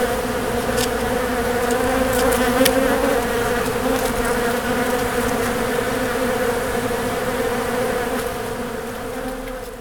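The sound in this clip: Bees buzzing, a steady dense drone with a low hum and faint clicks scattered through.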